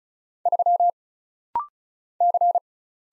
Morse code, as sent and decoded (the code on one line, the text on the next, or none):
...-- / -.-.
3 C